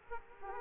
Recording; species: mosquito wingbeat signal from an infrared sensor; Aedes aegypti